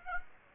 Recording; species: mosquito wingbeat signal from an infrared sensor; Aedes aegypti